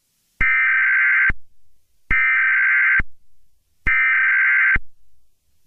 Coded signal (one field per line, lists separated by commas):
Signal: Emergency Alert System (SAME) tones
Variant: header bursts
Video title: (Remastered EAS Scenario) Mystery Flesh Pit National Park 2007 Disaster